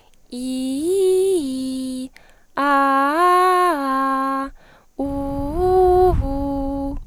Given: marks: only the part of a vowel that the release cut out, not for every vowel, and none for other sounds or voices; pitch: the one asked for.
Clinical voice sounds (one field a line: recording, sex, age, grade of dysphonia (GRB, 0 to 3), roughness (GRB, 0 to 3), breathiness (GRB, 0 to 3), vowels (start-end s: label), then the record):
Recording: sustained vowels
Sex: female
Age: 20 to 29 years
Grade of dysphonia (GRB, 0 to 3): 0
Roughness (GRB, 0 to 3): 0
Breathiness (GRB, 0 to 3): 0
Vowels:
0.47-1.85 s: vowel /i/, low-high-low pitch
2.72-4.21 s: vowel /a/, low-high-low pitch
5.11-6.80 s: vowel /u/, low-high-low pitch
From the record:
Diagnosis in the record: healthy voice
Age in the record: 20 years